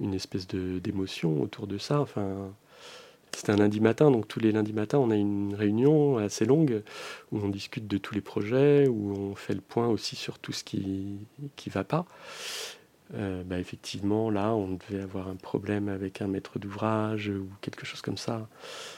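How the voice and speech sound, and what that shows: A man speaks French in a low, steady voice at a relaxed conversational pace, recalling a Monday morning meeting. He uses ordinary hesitations such as "euh" and "bah" and some brief pauses. The voice is clear, with fluent articulation and no audible voice disorder.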